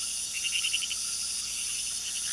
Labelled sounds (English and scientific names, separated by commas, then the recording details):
none
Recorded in pastures near Puerto Asís, Putumayo, Colombia, on 18 February 2024 at 01:00
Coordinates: 0.466, -76.323
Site G6384